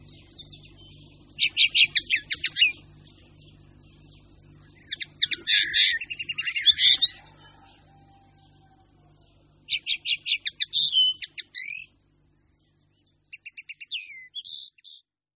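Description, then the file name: Eurasian linnet singing several short twittering phrases of rapid ticking notes and slurred whistles, separated by pauses, with a faint low hum beneath. "Konopka obecná"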